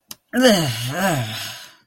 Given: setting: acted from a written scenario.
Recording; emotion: vocal sound without words; disgust